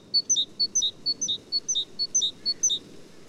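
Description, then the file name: Great tit song: a clear two-note phrase, a higher note then a lower dipping one, repeated steadily about every half second over a low rumbling background. "gtit major"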